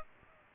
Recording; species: mosquito wingbeat signal from an infrared sensor; Aedes aegypti